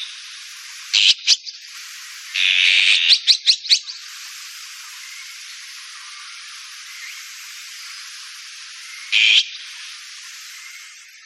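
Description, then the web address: Azure-winged magpie giving harsh, rasping calls: a short burst, then a longer grating run broken into quick pulses, and one more rasp near the end, over steady hiss. "sikioto. onaga"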